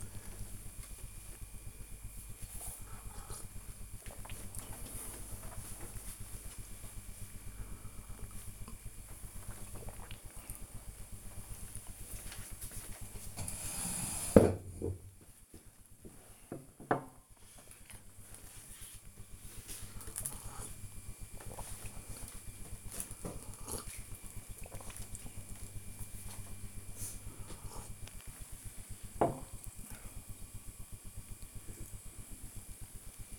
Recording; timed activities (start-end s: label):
household activities, microphone on the right wrist
0.00-33.39 s: drinking